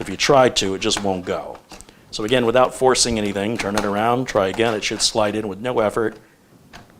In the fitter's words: then it locks into place